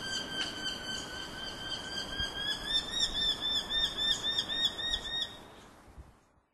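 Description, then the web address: Eurasian hobby calling in a fast, even string of sharp notes, several per second, swelling slightly then stopping abruptly near the end, with a steady high tone behind. Morioka, 1 June 2011. "koe chigohaya 110601 morioka mikami"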